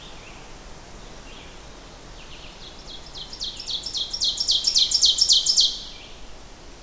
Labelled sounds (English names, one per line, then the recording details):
Ovenbird song
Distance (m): 5 m
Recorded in boreal forest in Alberta, Canada, on 14 June 2016 at 08:21
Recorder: SongMeter 3, array SBT-3-33
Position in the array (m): 109 m, 144 m
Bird 21